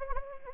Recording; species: mosquito wingbeat signal from an infrared sensor; Anopheles arabiensis